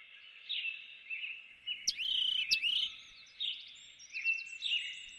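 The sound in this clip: Birds singing, with overlapping whistled phrases and two sharp, loud clicks around the two-second mark.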